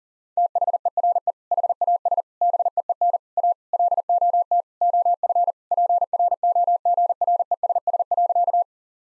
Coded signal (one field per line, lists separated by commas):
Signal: Morse code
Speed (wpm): 40 wpm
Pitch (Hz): 700 Hz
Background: none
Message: THERE HAS BEEN A LOT OF PROGRESS.